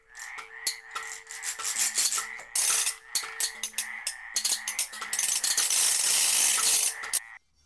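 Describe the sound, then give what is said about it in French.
A dense, noisy chorus of turkeys and ducks on a farm, with overlapping raspy, nasal calls and quacks repeating rapidly and loudly for several seconds, then stopping abruptly. No one speaks. “Arrivés là-bas, nous sommes d'abord allés voir les dindons et les canards.”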